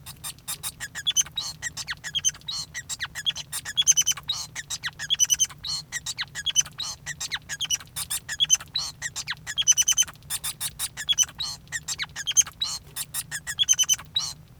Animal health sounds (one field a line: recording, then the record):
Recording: song of a male Bengalese finch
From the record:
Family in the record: son of father 5